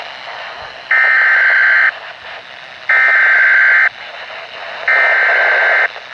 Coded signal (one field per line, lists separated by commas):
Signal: Emergency Alert System (SAME) tones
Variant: header bursts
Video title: Weatheradio Canada - Severe Thunderstorm Warning (EAS #16)